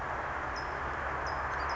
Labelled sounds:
California Towhee
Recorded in Sonoma County, California

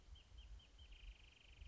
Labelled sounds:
Wrentit
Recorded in Sonoma County, California

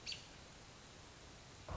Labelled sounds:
American Robin
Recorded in Sonoma County, California

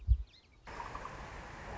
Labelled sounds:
Song Sparrow
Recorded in Sonoma County, California

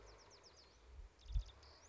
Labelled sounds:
Bewick's Wren
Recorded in Sonoma County, California

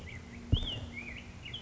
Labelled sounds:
Black-headed Grosbeak
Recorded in Sonoma County, California

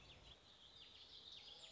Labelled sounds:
Warbling Vireo
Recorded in Sonoma County, California

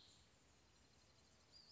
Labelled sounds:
Western Flycatcher
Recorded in Sonoma County, California

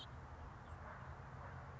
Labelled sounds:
House Finch
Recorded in Sonoma County, California

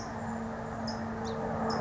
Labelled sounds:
Song Sparrow
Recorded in Sonoma County, California

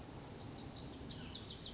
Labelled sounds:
Lazuli Bunting
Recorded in Sonoma County, California

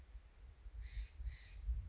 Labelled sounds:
Steller's Jay
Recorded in Sonoma County, California

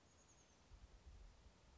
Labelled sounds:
Oak Titmouse
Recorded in Sonoma County, California

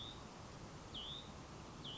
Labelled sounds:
Hutton's Vireo
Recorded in Sonoma County, California

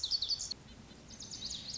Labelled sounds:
Lazuli Bunting
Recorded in Sonoma County, California

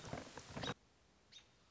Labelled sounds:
American Robin
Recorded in Sonoma County, California

